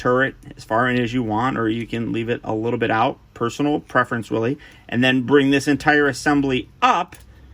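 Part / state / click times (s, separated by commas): turret assembly of a transforming toy figure, locking into the figure's body / not seated / none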